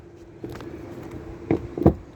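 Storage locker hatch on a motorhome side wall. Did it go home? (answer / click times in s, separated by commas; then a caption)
no / none. A storage locker hatch on the side wall of a Laika Ecovip 4009 motorhome is opened and handled, with a steady low hum underneath. Several knocks sound at about 0.6, 1.5, 1.8 and 1.9 seconds, the loudest near 1.9 seconds. Nothing has seated or locked yet.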